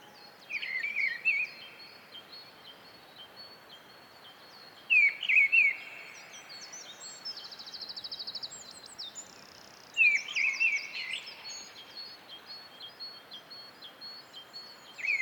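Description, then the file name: Mistle thrush delivering brief warbling phrases about every five seconds, separated by pauses; another bird gives a buzzy rattling trill midway, with scattered chirps. "British Library - Mistle Thrush Turdus viscivorus"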